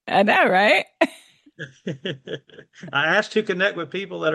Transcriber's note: laughs